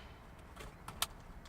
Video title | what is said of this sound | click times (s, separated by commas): jeep dronemobile alarm upgrade | line up the notches a little locking clip locks | 0.9 s, 1.0 s